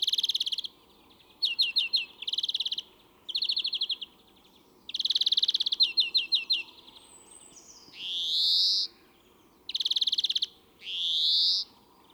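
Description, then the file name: European greenfinch song: quick rattling trills in clusters, with two drawn-out rising wheezy 'dzweee' notes, the second after one more trill, all loud and clear above a faint background hum. "Chloris chloris"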